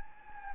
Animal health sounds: mosquito wingbeat signal from an infrared sensor; Anopheles gambiae

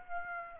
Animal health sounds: mosquito wingbeat signal from an infrared sensor; Aedes aegypti

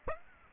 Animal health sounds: mosquito wingbeat signal from an infrared sensor; Aedes aegypti

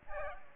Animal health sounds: mosquito wingbeat signal from an infrared sensor; Aedes aegypti

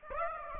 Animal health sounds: mosquito wingbeat signal from an infrared sensor; Aedes aegypti

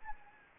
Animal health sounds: mosquito wingbeat signal from an infrared sensor; Anopheles gambiae

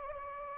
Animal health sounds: mosquito wingbeat signal from an infrared sensor; Anopheles gambiae

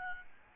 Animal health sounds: mosquito wingbeat signal from an infrared sensor; Aedes albopictus

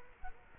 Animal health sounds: mosquito wingbeat signal from an infrared sensor; Culex quinquefasciatus

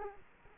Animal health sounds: mosquito wingbeat signal from an infrared sensor; Culex quinquefasciatus

